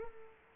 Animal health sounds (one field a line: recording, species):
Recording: mosquito wingbeat signal from an infrared sensor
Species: Culex pipiens